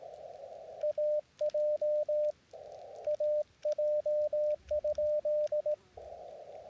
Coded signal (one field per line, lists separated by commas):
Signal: Morse code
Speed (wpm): 18 wpm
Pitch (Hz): 600 Hz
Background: radio noise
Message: AJ AJ?